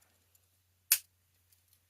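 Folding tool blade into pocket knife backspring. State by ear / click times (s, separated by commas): seated / 0.9 s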